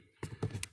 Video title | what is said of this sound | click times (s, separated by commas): 2017 Toyota Highlander Cabin Air Filter Replacement | snap this guy back up | 0.2 s, 0.6 s